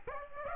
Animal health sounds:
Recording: mosquito wingbeat signal from an infrared sensor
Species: Aedes aegypti

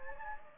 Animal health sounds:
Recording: mosquito wingbeat signal from an infrared sensor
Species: Anopheles gambiae

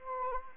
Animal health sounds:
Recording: mosquito wingbeat signal from an infrared sensor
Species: Anopheles arabiensis

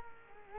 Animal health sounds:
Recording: mosquito wingbeat signal from an infrared sensor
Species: Culex quinquefasciatus

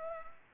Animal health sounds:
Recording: mosquito wingbeat signal from an infrared sensor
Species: Culex pipiens

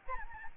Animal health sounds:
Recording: mosquito wingbeat signal from an infrared sensor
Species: Aedes albopictus

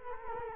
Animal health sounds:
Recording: mosquito wingbeat signal from an infrared sensor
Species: Culex quinquefasciatus

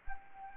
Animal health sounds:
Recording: mosquito wingbeat signal from an infrared sensor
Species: Anopheles arabiensis

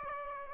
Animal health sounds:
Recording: mosquito wingbeat signal from an infrared sensor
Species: Aedes aegypti

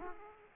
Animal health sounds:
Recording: mosquito wingbeat signal from an infrared sensor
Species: Aedes aegypti

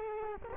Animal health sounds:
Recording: mosquito wingbeat signal from an infrared sensor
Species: Culex quinquefasciatus

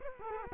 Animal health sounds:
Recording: mosquito wingbeat signal from an infrared sensor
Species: Culex quinquefasciatus

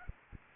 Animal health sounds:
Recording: mosquito wingbeat signal from an infrared sensor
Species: Aedes aegypti

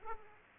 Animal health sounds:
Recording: mosquito wingbeat signal from an infrared sensor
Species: Culex pipiens

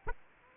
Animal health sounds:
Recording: mosquito wingbeat signal from an infrared sensor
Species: Aedes aegypti

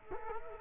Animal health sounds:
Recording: mosquito wingbeat signal from an infrared sensor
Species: Culex quinquefasciatus

